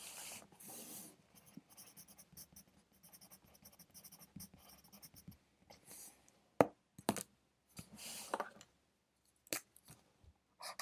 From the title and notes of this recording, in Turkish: Sessiz odada 60 dakika boyunca kurşun kalem ile ders çalışma; ortam sesleri, beyaz gürültü alt yapısı.